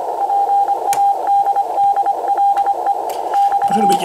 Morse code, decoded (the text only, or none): PADDLE <BT>